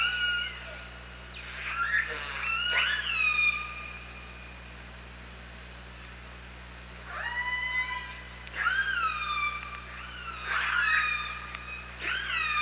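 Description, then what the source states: Killer whale pulsed calls in a busy series, overlapping harmonic upsweeps with long level tails, a pause midway, then several more calls in quick succession. OrcaLab hydrophone, 24 August 2017, 07:54.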